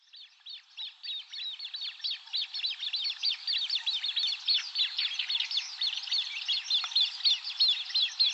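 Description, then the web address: Great crested grebe giving a fast, continuous chatter of high, clipped notes, growing louder after a quieter start and staying dense to the end. Recorded in Aomori, Japan, on 15 June 2013. "koe kanmurikaitsuburi 130615 aomori kuroda"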